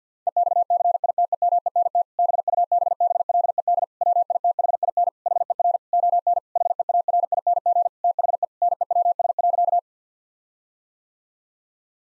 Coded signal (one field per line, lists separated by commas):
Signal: Morse code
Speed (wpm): 50 wpm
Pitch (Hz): 700 Hz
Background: none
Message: EXCITEMENT BUBBLED WITHIN HER ON HEARING THE NEWS.